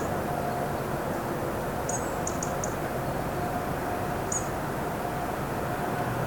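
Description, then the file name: European robin calling with short, high, thin notes, a quick cluster of four then one more, against constant low rumbling noise. "Erithacus rubecula"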